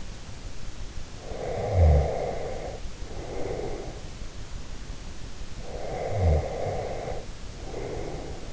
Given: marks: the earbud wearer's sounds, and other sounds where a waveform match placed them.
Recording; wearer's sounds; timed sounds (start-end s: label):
sounds in sleep by an in-ear microphone; snoring breath
1.21-4.10 s: snoring breath
5.53-8.53 s: snoring breath